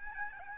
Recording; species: mosquito wingbeat signal from an infrared sensor; Aedes albopictus